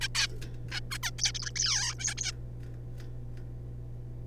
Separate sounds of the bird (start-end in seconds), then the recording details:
0.01-0.08, 0.15-0.27, 0.72-0.80, 0.91-0.98, 1.03-1.10, 1.18-1.32, 1.35-1.51, 1.56-1.94, 1.99-2.14, 2.17-2.32. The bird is a juvenile. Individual R3549